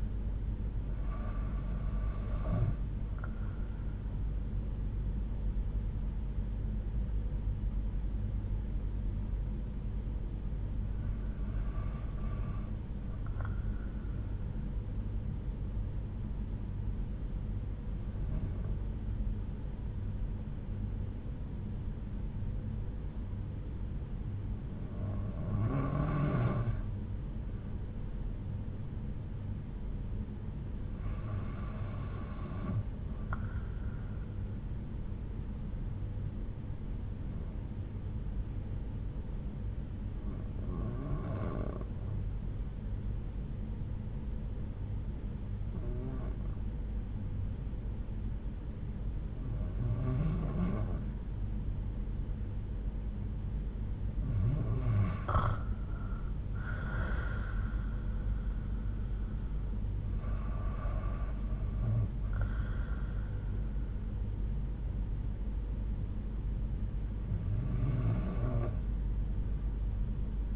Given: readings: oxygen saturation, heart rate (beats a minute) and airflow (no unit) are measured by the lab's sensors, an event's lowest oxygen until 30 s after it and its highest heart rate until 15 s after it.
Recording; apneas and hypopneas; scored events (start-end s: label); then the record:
breathing in sleep by a smartphone at the bedside; 1
8.00-51.90 s: hypopnea (REM, oxygen 95% highest, then 85% lowest)
From the record:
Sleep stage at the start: REM sleep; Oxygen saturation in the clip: 82 to 95%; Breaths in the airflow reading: 14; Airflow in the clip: -5.1 to 8.3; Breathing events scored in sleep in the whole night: 368 in 8.0 hours asleep